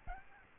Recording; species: mosquito wingbeat signal from an infrared sensor; Aedes albopictus